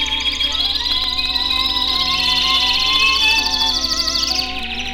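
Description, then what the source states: Domestic canaries singing fast high warbling trills, with gentle sustained instrumental music beneath. A group of old-timer canaries from the master radio canary chorus, perched close together, singing in harmony.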